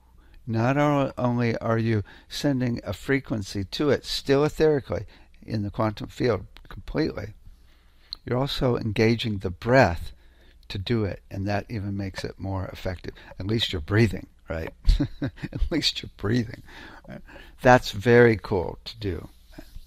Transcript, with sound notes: Not only are you sending a frequency to it, still etherically in the quantum field completely, you're also engaging the breath to do it, and that even makes it more effective. At least you're breathing, right?
(laughs) At least you're breathing, right? That's very cool to do.